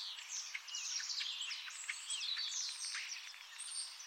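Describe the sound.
Bird calls packed together: high thin chirps and down-slurred notes from several birds at once, never pausing.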